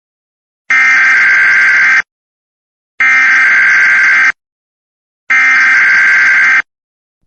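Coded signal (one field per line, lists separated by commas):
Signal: Emergency Alert System (SAME) tones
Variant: header bursts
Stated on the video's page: Fictional EAS scenario for entertainment, not a real event.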